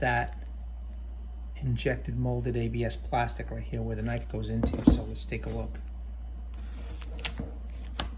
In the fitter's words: it snaps right in